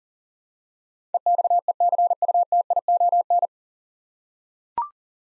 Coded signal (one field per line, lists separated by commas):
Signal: Morse code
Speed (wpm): 40 wpm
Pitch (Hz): 700 Hz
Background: none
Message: EXECUTION